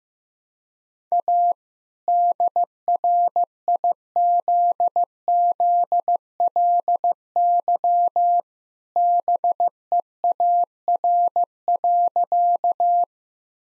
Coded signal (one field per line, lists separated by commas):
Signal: Morse code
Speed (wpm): 16 wpm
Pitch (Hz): 700 Hz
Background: none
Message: A DRIZZLY BEAR.